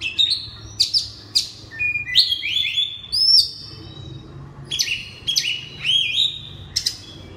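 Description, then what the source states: Oriental magpie-robin song: loud, clear whistled phrases with rising and falling sweeps and sharp notes, delivered in bursts separated by short pauses. Loud song in the ngeplong style.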